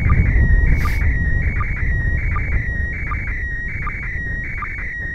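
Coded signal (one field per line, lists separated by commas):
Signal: SSTV (slow-scan television)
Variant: PD 180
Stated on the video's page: ISS SSTV event transmission, MAI-75 SuitSat image mode, received during a rare pass over North America.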